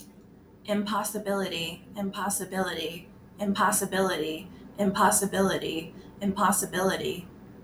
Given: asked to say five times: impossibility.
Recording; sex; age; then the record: repeated word; female; 30 to 39 years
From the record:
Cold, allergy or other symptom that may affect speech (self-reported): no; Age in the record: 31 years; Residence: United States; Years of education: 18